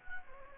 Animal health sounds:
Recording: mosquito wingbeat signal from an infrared sensor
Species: Anopheles gambiae

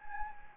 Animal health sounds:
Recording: mosquito wingbeat signal from an infrared sensor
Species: Anopheles gambiae

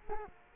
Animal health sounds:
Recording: mosquito wingbeat signal from an infrared sensor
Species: Culex quinquefasciatus

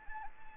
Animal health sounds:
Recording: mosquito wingbeat signal from an infrared sensor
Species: Anopheles gambiae

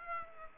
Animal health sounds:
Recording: mosquito wingbeat signal from an infrared sensor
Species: Aedes aegypti

